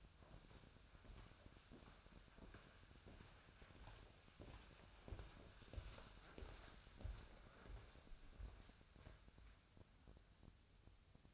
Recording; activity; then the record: daily activity, microphone in the room; walk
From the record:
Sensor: 2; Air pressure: 1015.2 hPa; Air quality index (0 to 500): 117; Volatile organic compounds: 3 ppm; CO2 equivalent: 1500 ppm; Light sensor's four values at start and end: 12/31/12/13 and 13/34/13/15